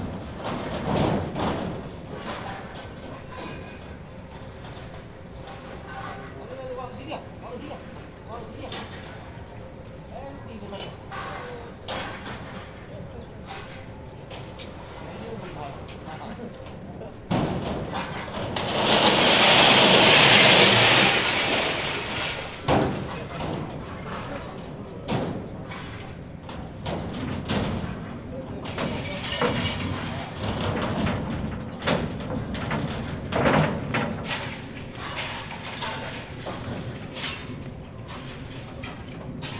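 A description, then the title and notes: Metal salvage depot while a boat is loaded, with steady clattering, voices, and a loud grinding scrape near the middle, then repeated clanks. Metal salvage depot. Loading boat.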